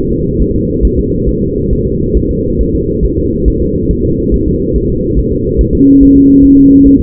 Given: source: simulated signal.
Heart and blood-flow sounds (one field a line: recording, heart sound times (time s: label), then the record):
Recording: fetal heart sounds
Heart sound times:
0.13 s: S2
0.42 s: S1
0.56 s: S2
0.85 s: S1
0.99 s: S2
1.29 s: S1
1.43 s: S2
1.73 s: S1
1.87 s: S2
2.17 s: S1
2.31 s: S2
2.61 s: S1
2.75 s: S2
3.04 s: S1
3.19 s: S2
3.48 s: S1
3.62 s: S2
3.91 s: S1
4.05 s: S2
4.34 s: S1
4.48 s: S2
4.76 s: S1
4.90 s: S2
5.19 s: S1
5.33 s: S2
5.61 s: S1
5.75 s: S2
6.03 s: S1
6.17 s: S2
6.45 s: S1
6.59 s: S2
6.87 s: S1
7.00 s: S2
From the record:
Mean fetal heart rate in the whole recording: 140 bpm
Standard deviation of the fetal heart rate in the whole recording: 2 bpm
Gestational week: 34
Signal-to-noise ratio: -10.2 dB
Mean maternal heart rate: 72 bpm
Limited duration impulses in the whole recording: present